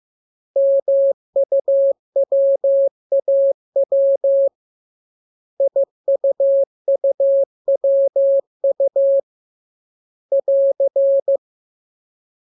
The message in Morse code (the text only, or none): MUWAW IUUWU <AR>